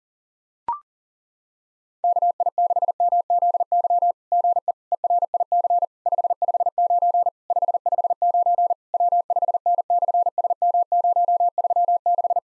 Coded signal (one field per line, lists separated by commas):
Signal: Morse code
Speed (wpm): 40 wpm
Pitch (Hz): 700 Hz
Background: none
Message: KI6MZY GE ERIC 559 559 W5N/SM036